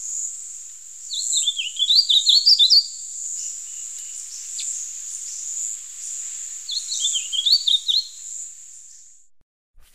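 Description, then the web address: Brown-capped vireo singing two short, jumbled warbled phrases several seconds apart over a steady high insect whine. Ecuador. "Birds of Ecuador. Brown-capped Vireo"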